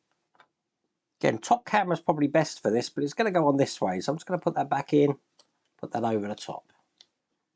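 A plastic cover section for the right hand of a model Optimus Prime figure from the Transformers movie is handled over the top of the finger assembly while someone talks. Only a few faint ticks sound near the start and one sharp tick near the end. Nothing has seated or clicked yet.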